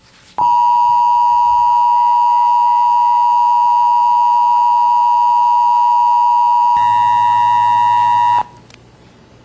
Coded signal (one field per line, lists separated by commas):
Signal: Emergency Alert System (SAME) tones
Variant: 853 and 960 Hz attention tone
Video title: FEMA/White House/APTS demo of Digital Emergency Alert System at WETA